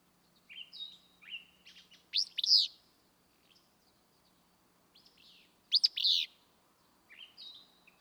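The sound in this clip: Willow flycatcher song: two sharp, buzzy sneezed phrases a few seconds apart, with softer chirps and whistles between them.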